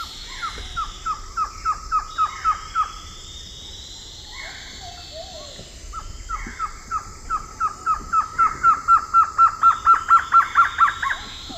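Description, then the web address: Green-backed trogon song: two long series of evenly repeated hollow notes, the second series growing louder. Recorded in the eastern lowlands of South America. "Natures Songs S America Eastern Lowlands Trogon viridis, song"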